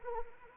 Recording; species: mosquito wingbeat signal from an infrared sensor; Anopheles arabiensis